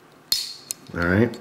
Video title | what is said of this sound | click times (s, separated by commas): How To Fix Butane Lighters (Common Problems Have Simple Solutions) | this there we go so they pushed that down it's pushing this button in all the way down until it clicks alright | 0.3 s